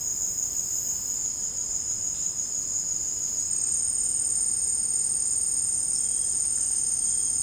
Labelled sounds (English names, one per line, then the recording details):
none
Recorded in secondary vegetation near Puerto Asís, Putumayo, Colombia, on 19 March 2025 at 17:00
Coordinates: 0.502, -76.326
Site G100